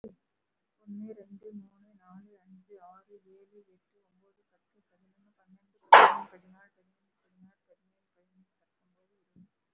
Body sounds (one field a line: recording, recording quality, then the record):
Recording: counting at a fast pace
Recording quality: excellent, no background noise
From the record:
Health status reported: recovered from COVID-19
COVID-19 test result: positive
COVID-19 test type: RT-PCR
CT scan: taken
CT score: 0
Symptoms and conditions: breathing difficulty, asthma, another respiratory illness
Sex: female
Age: 65 years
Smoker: no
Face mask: worn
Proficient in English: no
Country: India